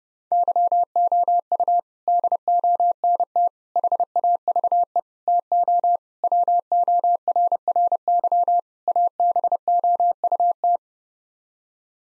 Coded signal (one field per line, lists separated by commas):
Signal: Morse code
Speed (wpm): 32 wpm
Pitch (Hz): 700 Hz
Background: none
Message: YOU DONT HAVE TO WORRY ABOUT